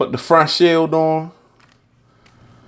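Someone talks while the plastic front shield of an OtterBox Defender rugged case is being fitted onto the inner case shell around a Samsung Galaxy S9 Plus, pressed along the edge so all the snaps engage. After the talking stops at about 1.3 s, only faint, quiet handling sounds remain. Nothing has snapped or seated yet.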